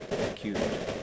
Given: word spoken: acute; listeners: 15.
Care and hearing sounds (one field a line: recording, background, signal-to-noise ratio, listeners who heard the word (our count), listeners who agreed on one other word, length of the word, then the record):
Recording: one English word in noise, from a listening test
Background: noise modulated by three-talker babble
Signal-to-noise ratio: -7.2 dB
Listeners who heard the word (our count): 2 of 15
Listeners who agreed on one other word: 11 of 15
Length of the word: 0.63 s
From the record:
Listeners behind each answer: 11, 2, 1, 1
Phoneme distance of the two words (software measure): 7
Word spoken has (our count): 2 syllables, 5 phonemes, stress on syllable 2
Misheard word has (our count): 1 syllable, 4 phonemes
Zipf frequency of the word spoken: 3.66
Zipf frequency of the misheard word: 4.40